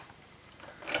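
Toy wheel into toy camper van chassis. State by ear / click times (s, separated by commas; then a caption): not seated / none. A plastic wheel assembly is pushed onto the chassis of a Playmobil 5928 camper van toy, expecting it to click into place. Faint plastic ticks and rubbing build to a brief, brighter scrape near 0.95 s. The wheel does not click in, and nothing has seated yet.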